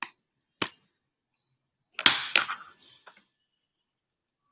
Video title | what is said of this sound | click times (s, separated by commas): Macbook Air with liquid damage A1466 | Okay, that was a satisfying click. | 2.1 s